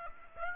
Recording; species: mosquito wingbeat signal from an infrared sensor; Aedes aegypti